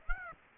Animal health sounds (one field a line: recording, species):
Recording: mosquito wingbeat signal from an infrared sensor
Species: Aedes aegypti